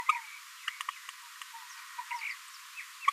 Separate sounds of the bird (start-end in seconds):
0.06-0.21, 1.98-2.03, 2.10-2.18, 2.21-2.34, 2.76-2.82, 3.01-3.11